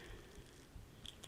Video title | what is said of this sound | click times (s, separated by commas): How To Make Adorable Animal Fleece Beanies | the snap kind of sits inside you can kind of hear it snap in place give it a good squeeze | 1.1 s, 1.2 s